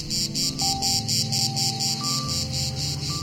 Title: Pas si betes. La cigale grise